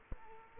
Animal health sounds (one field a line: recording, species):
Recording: mosquito wingbeat signal from an infrared sensor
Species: Aedes aegypti